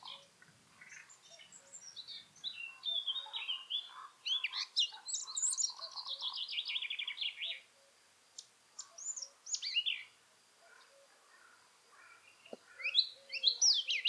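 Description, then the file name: Eurasian blackcap song: long, varied warbling phrases of chattering and whistled notes, including a fast run of bright descending notes, with short pauses between phrases. "Sylvia atricapilla"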